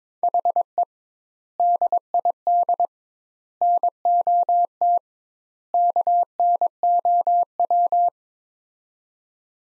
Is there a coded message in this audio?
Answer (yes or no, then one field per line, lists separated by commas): yes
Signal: Morse code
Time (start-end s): 0.2-8.1 s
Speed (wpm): 21 wpm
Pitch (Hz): 700 Hz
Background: none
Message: HE DID NOT KNOW